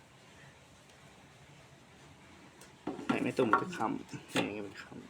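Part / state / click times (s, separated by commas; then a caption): fan blade onto the fan motor shaft hub / not seated / none. A plastic fan blade is lined up by its two marks with the hub on the fan motor shaft before being pushed home, since a misaligned blade will bind. A quiet stretch gives way at 2.9 s to short plastic knocks and handling noise while someone talks. Nothing has seated or clicked yet.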